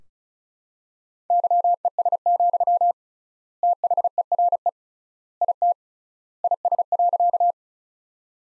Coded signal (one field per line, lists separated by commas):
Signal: Morse code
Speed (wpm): 34 wpm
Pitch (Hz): 700 Hz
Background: none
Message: YES, THERE IT IS.